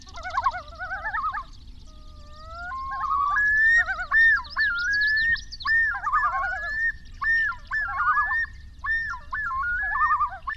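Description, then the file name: Common Loon calls: quavering tremolo notes, then a long wail breaking into repeated yodel phrases. Several Common Loons in Wisconsin, dated 28 August 2006. "OMV-08-28-06-Wisconsin Common Loons"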